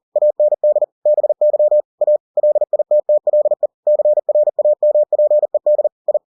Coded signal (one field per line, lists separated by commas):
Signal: Morse code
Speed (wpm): 40 wpm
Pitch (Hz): 600 Hz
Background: none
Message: AND BY A LITTLE CRAMPED I